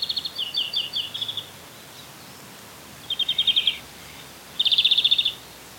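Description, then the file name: European greenfinch calls: three bursts of rapid, dry twittering trills with pauses between them against a quiet background. "Chloris chloris"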